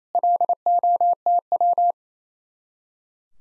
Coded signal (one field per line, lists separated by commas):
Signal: Morse code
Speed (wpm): 34 wpm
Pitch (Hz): 700 Hz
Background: none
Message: LOTW